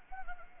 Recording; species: mosquito wingbeat signal from an infrared sensor; Anopheles gambiae